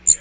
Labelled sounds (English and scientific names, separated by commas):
Magnolia Warbler (Setophaga magnolia) flight call